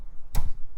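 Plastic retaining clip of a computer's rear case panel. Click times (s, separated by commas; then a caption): 0.4 s. A screwdriver works the second, binding plastic retaining clip on the rear plastic case panel of a vintage IBM computer. The clip releases with a sharp click at 0.4 s and pops open.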